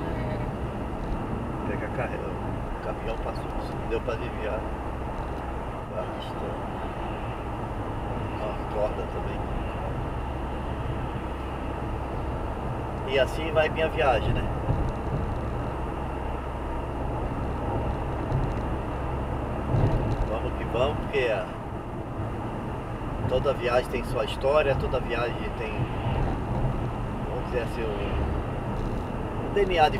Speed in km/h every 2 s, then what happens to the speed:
91, 96, 96, 96, 97, 96, 98, 99, 99, 99, 95, 94, 93, 91, 93.
0-16 steady at about 96. 16-25 slows to 91.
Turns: none.